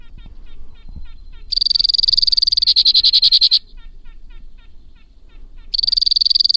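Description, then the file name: White-winged crossbill song: loud, high, rapid trills broken by quieter stretches of faint ticking notes, the trill returning near the end. "suara-kicauan-burung-white-winged-crossbill 2-omkicau"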